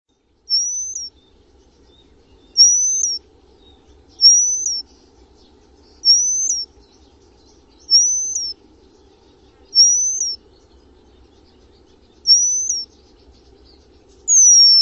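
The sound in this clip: Bird giving a high, clear whistle that slurs upward then dips sharply, repeated about every two seconds, eight times, against near silence.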